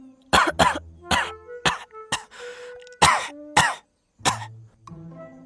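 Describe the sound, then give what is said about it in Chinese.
A violent coughing fit by a sickly scholar character in the Chinese audio drama Longtu Anjuan Ji: about eight harsh, loud coughs in uneven clusters, broken by a raspy, wheezing gasp for breath partway through, with no speech. “只看一眼，吴一霍愣住了，九娘也愣住了，这时就听到吴一霍突然剧烈地咳嗽了起来。”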